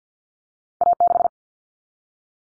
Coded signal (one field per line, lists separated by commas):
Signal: Morse code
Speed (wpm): 50 wpm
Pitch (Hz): 700 Hz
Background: none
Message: A6